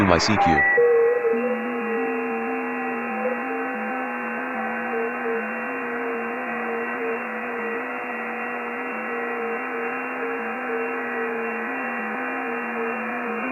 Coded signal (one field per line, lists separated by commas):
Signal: FT8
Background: speech